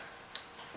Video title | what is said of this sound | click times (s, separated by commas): Enphase Q-cable terminations | and again when you put these together there you go heard that snap click together | 0.3 s